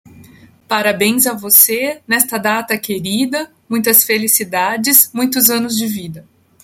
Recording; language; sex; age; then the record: short text; Brazilian Portuguese; female; 40 to 49 years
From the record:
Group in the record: control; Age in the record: 40 years